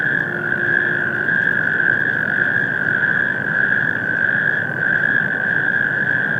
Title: Mainufer, Mainaschaff, Deutschland. Kreuzkröten - Kreuzkröten auf der Industriebrache Stockstadt Kai 6